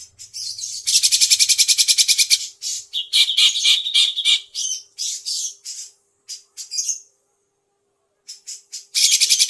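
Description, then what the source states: Grey-cheeked bulbul giving a loud, rapid rattling chatter, then a string of harsh, uneven squawky notes that trail off into silence before a final rattle begins. Tutor song for teaching birds, long duration.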